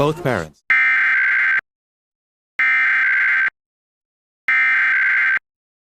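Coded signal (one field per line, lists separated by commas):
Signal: Emergency Alert System (SAME) tones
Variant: header bursts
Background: speech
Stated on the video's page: Connecticut Required Monthly Test relayed on CPTV, a PBS television station.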